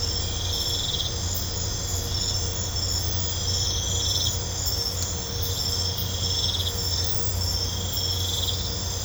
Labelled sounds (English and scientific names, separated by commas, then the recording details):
none
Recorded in pastures near Puerto Asís, Putumayo, Colombia, on 20 December 2024 at 22:30
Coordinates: 0.502, -76.324
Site G077